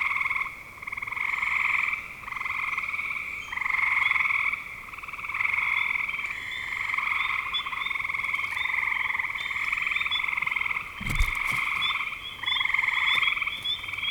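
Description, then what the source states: Frogs trilling in a steady chorus, pulsed calls swelling and fading in waves every couple of seconds, with one sharp knock or thump near eleven seconds. Recorded in spring 2025.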